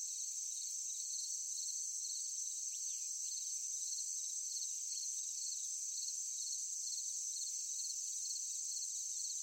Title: Sound of forest at night, crickets, cicadas, insects